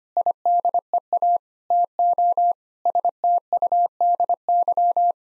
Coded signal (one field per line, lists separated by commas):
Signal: Morse code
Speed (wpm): 25 wpm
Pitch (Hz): 700 Hz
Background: none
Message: IDEA TO STUDY